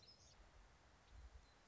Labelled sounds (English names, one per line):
Song Sparrow